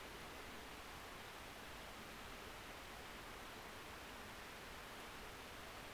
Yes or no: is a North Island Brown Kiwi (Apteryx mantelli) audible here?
no